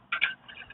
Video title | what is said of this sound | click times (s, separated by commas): HVACR VIDEOS SERVICE CALL LIVESTREAM 9/14/20 | You heard that torque wrench click, right, guys? | 0.1 s